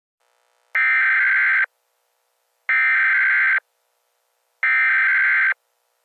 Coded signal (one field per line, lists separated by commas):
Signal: Emergency Alert System (SAME) tones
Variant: header bursts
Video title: EAS Scenario #2 - When Gangsters Attack